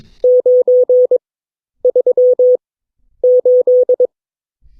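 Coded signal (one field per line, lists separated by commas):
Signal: Morse code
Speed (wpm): 23 wpm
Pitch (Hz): 500 Hz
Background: none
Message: 938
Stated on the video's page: Morse code class session of an amateur radio club.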